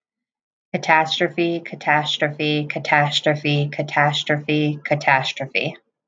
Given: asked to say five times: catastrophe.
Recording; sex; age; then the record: repeated word; female; 20 to 29 years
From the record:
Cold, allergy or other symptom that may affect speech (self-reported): no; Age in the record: 25 years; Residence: Connecticut, United States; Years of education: 16